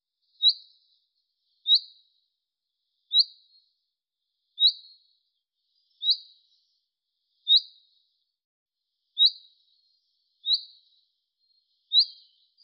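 Bird calls: nine sharp, high chirps in an even series, roughly one every one and a half seconds, clean background.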